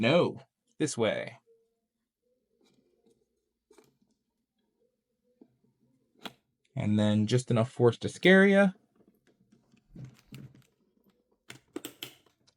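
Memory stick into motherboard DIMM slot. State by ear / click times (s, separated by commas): seated / 11.5 s, 11.9 s, 12.0 s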